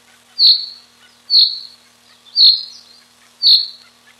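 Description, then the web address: Common chaffinch calling: four short, sharp, high notes, each slightly falling, repeated about once a second with quiet gaps between. Fringilla coelebs, dated 30 04 93. "birdsong 30 04 93 fcoelebs"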